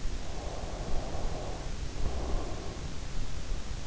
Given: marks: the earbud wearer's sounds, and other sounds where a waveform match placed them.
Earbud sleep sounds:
sounds in sleep by an in-ear microphone; breath
0.23-3.11 s: breath

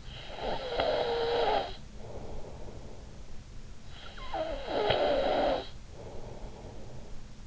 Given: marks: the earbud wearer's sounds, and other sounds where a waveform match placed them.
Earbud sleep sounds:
sounds in sleep by an in-ear microphone; snoring breath
0.01-7.47 s: snoring breath

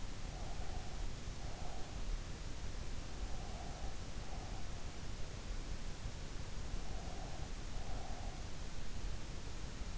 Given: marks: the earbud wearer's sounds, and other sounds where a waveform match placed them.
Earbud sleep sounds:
sounds in sleep by an in-ear microphone; breath
0.00-2.07 s: breath
3.19-5.03 s: breath
6.61-8.73 s: breath

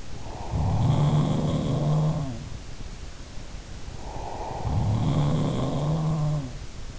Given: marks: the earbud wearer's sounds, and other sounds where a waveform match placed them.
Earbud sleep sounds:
sounds in sleep by an in-ear microphone; breath
0.00-1.70 s: breath
0.27-2.67 s: sound from someone else or the room
3.59-5.56 s: breath
4.48-6.85 s: sound from someone else or the room

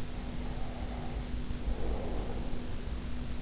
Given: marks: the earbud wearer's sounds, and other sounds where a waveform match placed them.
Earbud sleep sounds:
sounds in sleep by an in-ear microphone; breath
0.08-3.00 s: breath

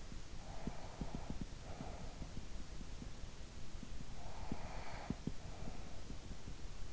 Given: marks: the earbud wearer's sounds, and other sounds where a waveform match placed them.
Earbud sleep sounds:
sounds in sleep by an in-ear microphone; breath
0.07-2.78 s: breath
4.01-6.92 s: breath

